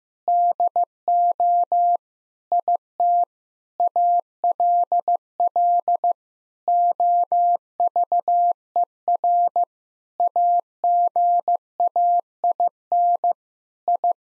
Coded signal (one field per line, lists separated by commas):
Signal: Morse code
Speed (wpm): 15 wpm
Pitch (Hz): 700 Hz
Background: none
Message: DO IT ALL OVER AGAIN I